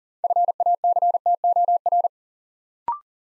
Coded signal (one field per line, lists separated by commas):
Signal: Morse code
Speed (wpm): 41 wpm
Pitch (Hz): 700 Hz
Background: none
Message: FACTOR